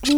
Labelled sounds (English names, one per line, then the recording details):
Brown-throated Parakeet contact call
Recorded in Venezuela
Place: Hato Matapalo, Bolívar
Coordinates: 7.356, -61.542